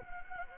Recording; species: mosquito wingbeat signal from an infrared sensor; Anopheles gambiae